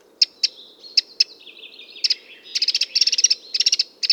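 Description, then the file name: Eurasian wren calls: loud high ticking notes, a few spaced clicks then rapid rattling bursts, with a brief buzzy trill in between. "Troglodytes troglodytes"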